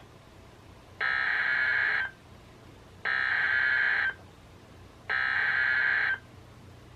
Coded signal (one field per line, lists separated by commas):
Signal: Emergency Alert System (SAME) tones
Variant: header bursts